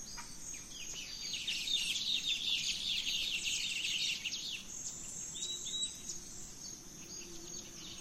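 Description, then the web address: Birds: bird chorus with a thick burst of high twittering for several seconds, thinning to a few scattered chirps and short whistles, over a steady high hiss. Dawn chorus of birds in rainforest at Gran Sabana, Venezuela. "Birds in the Rainforest Dawn Venezuela Gran Sabana"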